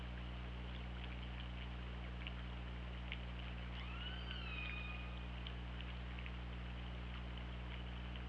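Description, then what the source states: Orca call, a single squealing call sweeping up then held level with harmonics, amid clicks and a steady low hum. Recorded by OrcaLab hydrophone on 24 August 2017 around 08:02.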